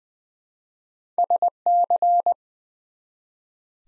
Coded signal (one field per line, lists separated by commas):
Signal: Morse code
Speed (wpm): 20 wpm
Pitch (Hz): 700 Hz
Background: none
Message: SC